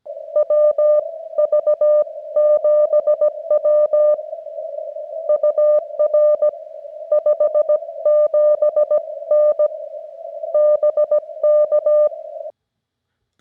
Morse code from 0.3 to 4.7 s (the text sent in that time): WV7W